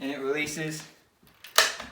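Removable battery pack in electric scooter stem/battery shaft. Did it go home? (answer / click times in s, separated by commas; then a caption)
yes / 1.6 s. Someone talks, then a removable battery pack is pushed back into the battery shaft in the stem of a Gotrax GXL V2 electric scooter. A few faint knocks lead up to a sharp click at 1.6 s as the pack latches. The battery is seated and locked in place.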